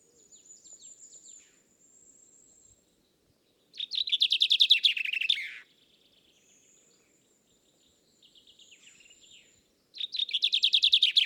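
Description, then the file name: Common chaffinch song, two loud bursts of rapid chirping notes, the first tumbling downward into a final flourish and the second cut off at the end, with fainter phrases and a thin high whistled series before and between them. "Fringilla coelebs"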